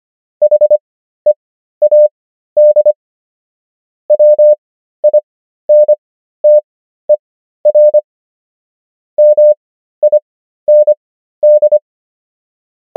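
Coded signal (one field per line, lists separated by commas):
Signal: Morse code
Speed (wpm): 25 wpm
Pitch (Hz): 600 Hz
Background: none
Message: HEAD WINTER MIND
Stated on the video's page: Morse practice of the 500 most common English words, 25 wpm character speed with 13 wpm Farnsworth word speed.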